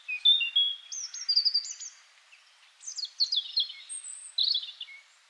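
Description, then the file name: European robin pouring out short, shimmering phrases of high whistles and trills, separated by brief pauses, each phrase shifting abruptly in pitch. "Erithacus rubecula"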